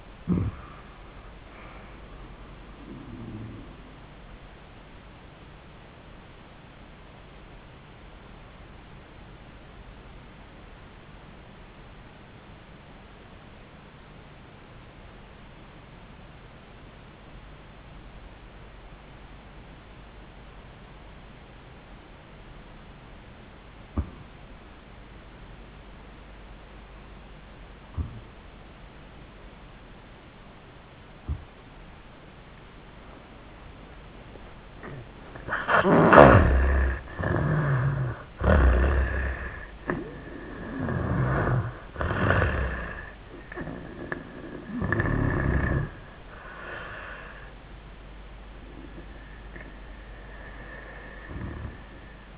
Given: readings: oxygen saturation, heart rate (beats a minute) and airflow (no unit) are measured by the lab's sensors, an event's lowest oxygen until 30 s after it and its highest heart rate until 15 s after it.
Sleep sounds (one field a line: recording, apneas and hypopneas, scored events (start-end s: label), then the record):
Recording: breathing in sleep by a voice recorder at the bedside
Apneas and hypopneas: 1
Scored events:
8.00-34.40 s: obstructive apnea (N1, oxygen 97% highest, then 77% lowest, heart rate 93 at the start, 100 highest)
From the record:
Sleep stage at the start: N1 (lightest sleep)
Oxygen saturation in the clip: 77 to 97%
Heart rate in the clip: 74 to 101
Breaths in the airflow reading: 5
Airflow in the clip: -25.7 to 24.6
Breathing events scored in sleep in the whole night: 400 in 8.7 hours asleep